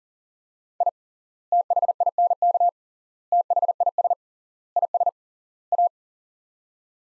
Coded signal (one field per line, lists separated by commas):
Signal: Morse code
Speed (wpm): 40 wpm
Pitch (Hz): 700 Hz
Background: none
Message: I THINK THIS IS A